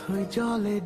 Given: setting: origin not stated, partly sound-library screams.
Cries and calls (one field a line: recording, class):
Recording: one-second piece from a danger detection set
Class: normal situation